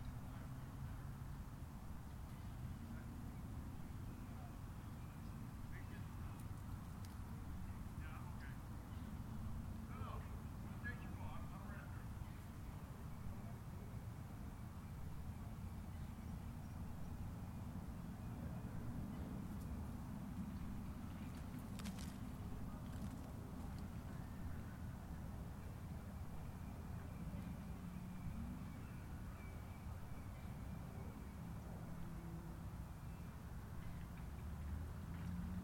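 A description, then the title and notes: Ambience at a golf course in Palm Harbor, Florida, dominated by a steady, dense low engine rumble that holds throughout. Faint voices and small scattered sounds drift in around the ten-second mark, and a few brief sharp clicks appear near twenty-two seconds. Golf Course, Palm Harbor FL.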